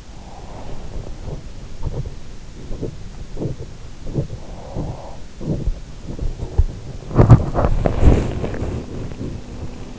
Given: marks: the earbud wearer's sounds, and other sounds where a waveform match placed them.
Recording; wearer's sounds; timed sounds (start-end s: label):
sounds in sleep by an in-ear microphone; breath, teeth grinding, body movement
0.00-1.48 s: breath
1.48-7.28 s: teeth grinding
7.55-9.99 s: body movement